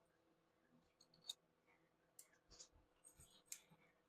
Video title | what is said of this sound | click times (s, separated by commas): (40) Old eBay padlocks… Corbin padlock picked. | oh there we go we got two clicks out of that one | 1.3 s, 3.5 s